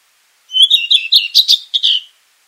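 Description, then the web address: Redstart giving a single short song phrase, a high thin note followed by a fast, jumbled series of twittering and squeaky notes lasting under two seconds. 11 June 2026 at 04:00. "Sounds redstart 20260611 0400"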